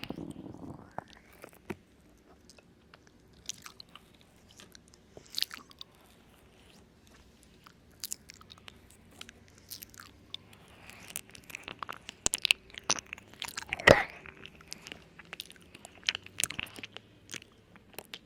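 Eating sounds: scattered sharp clicks and crunches of biting and chewing over a low, steady hum. The first half is sparse, with isolated snaps. From about eleven seconds the chewing grows denser and louder, peaking in a loud crunch near fourteen seconds.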